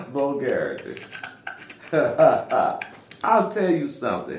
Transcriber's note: laughter